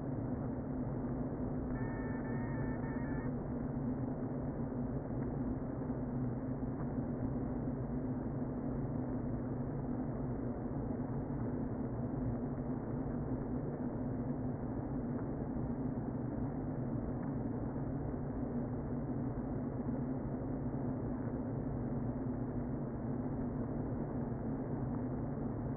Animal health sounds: honeybee colony, microphone inside the hive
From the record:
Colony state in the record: queen present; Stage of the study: before two queens were removed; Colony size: about 60,000 bees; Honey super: yes

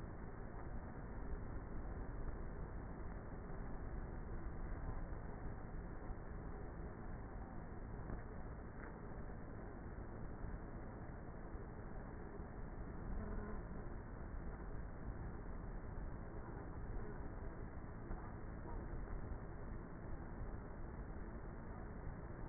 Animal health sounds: honeybee colony, microphone inside the hive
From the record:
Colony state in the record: queenless with a low population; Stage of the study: before two queens were removed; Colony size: about 30,000 bees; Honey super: no

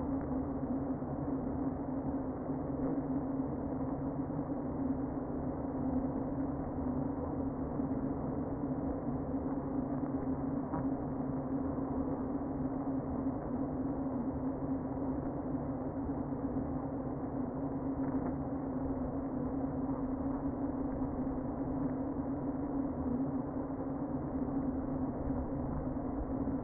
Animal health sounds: honeybee colony, microphone inside the hive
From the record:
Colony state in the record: queen present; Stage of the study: before two queens were removed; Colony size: about 60,000 bees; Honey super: yes

